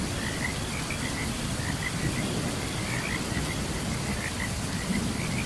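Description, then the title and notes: Frogs give short chirping calls in loose clusters over continuous rain. Frogs chirping during a thunderstorm. "Frogs and Crickets Chirping During Thunderstorm. Sleep and Relaxation Podcast"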